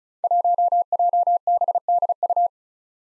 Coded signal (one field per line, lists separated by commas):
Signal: Morse code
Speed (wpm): 36 wpm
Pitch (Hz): 700 Hz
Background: none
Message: 1JBDU